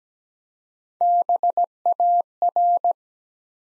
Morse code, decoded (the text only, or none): BAR